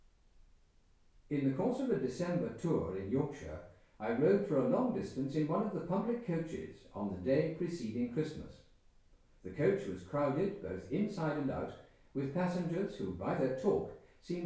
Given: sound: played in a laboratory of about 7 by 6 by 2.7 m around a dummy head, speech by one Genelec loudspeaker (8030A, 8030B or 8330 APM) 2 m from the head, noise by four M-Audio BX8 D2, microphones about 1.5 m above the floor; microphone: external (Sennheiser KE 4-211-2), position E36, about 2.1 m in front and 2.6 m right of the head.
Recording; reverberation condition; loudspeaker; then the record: male speech in English; medium; 60 degrees to the right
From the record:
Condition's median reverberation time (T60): about 510 ms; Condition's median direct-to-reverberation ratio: about -0.5 dB